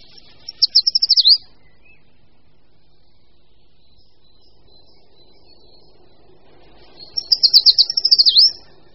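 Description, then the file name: Short-toed treecreeper song repeated twice about seven seconds apart: rapid series of high, sharp notes tailing into a falling-rising swoop. "Šoupálek-dlouhoprstý"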